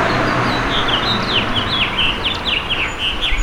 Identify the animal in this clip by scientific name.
Haemorhous mexicanus